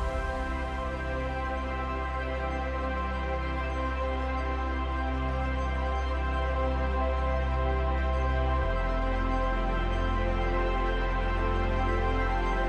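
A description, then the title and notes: A chill lofi hip hop beat plays at an even, steady level throughout. Layered held tones sit over a deep, sustained bass note that drops to a lower pitch about two-thirds of the way in, with a soft, slightly muffled top end. Chill Lofi Hip Hop Beat.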